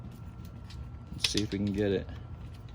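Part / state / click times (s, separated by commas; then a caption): outboard motor mounting bracket latching onto kayak adapter / not seated / none. The spring-loaded mounting bracket of a Bixpy Jet kayak outboard kit is being handled and pushed down toward the adapter on a Hobie PA kayak hull. Someone talks briefly in the middle, with faint light knocks at about 0.5, 0.7 and 2.7 seconds over a low steady hum. Nothing has seated or clicked into place yet.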